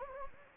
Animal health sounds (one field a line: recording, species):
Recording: mosquito wingbeat signal from an infrared sensor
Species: Anopheles gambiae